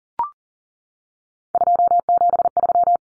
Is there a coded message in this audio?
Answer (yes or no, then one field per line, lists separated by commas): yes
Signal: Morse code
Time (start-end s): 1.5-3.0 s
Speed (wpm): 40 wpm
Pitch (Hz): 700 Hz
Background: none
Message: 273